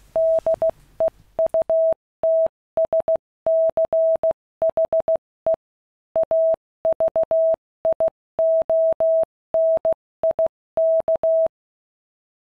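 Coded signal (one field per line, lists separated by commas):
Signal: Morse code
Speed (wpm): 16 wpm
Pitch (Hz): 650 Hz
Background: none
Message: DEUTSCHE AVIONIK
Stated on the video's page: Morse from a restored, fully working Luftwaffe FuG 16 ZY airborne VHF transceiver by Lorenz, used in single-seat fighter aircraft.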